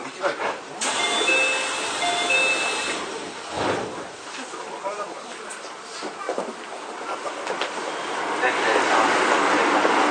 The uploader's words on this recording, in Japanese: 京王9000系 高尾山口〜つつじヶ丘。快速つつじヶ丘行を録音。